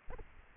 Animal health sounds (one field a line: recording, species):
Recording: mosquito wingbeat signal from an infrared sensor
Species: Anopheles arabiensis